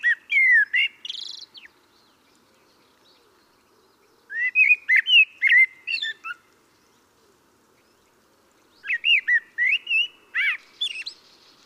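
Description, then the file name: Common blackbird song of three separate phrases, each of mellow whistled notes and thin high squeaks, with pauses of a few seconds between them. "Turdus merula"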